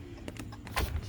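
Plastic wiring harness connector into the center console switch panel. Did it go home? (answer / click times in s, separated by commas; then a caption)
no / none. A plastic wiring harness connector is handled at the center console switch panel of a 2019 RAM 1500 while the console wiring is reconnected during an air vent tab repair. Brief plastic taps sound at about 0.3 and 0.4 s, followed by a louder rustling burst of handling near 0.8 s. Nothing has seated or clicked yet.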